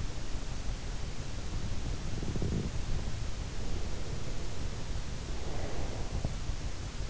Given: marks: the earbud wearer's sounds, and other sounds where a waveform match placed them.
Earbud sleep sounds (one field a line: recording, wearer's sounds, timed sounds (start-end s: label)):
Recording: sounds in sleep by an in-ear microphone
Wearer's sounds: breath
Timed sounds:
1.17-6.69 s: breath